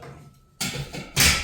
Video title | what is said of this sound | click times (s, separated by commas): At home gym Smith machine / squat rack Vimexciter review the good and the bad . | and it latches into place. | 0.6 s